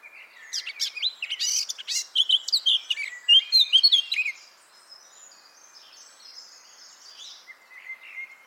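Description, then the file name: Eurasian blackcap warbling song, a burst of quick bright notes and slurred whistles over about four seconds, fading into softer, quieter twittering. "Sylvia atricapilla"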